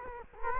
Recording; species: mosquito wingbeat signal from an infrared sensor; Culex quinquefasciatus